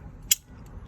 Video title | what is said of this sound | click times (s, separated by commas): Focus ST 2018 Removing front sway bar end links | and then you're gonna feel it click even more into it and that's how you know they're locked | 0.3 s